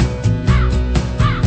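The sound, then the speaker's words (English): A crow caws twice, loud, harsh rasping calls spaced about half a second apart, with no one speaking. “The crow is a messenger.”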